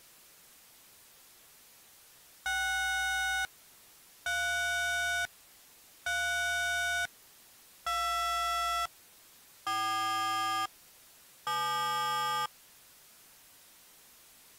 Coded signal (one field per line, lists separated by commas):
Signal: DTMF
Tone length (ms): 1020 ms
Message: 6 3 3 2 4 7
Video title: EAS Scenario: And Then There Was Silence